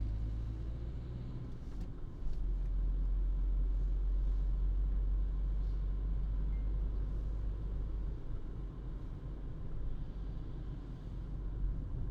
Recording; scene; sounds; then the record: everyday scene through a hearing-aid microphone; in a vehicle; engine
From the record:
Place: Berlingo II, diesel engine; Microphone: in the ear canal, right